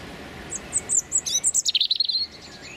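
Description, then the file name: European robin song phrase of high, tinkling notes running into a fast trill, then a faint note. Male singing territorial song. "European Robin Erithacus rubecula male singing his territorial song"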